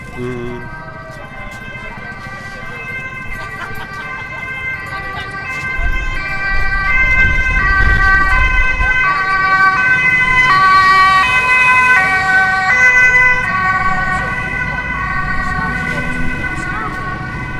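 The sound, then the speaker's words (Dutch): A loud alarm siren sounded for the climate at an Extinction Rebellion blockade of the A12 in The Hague wails continuously in steady, layered tones, swelling louder partway through, over a low rumble of traffic and faint background voices. “Het alarm klinkt luid voor het klimaat.”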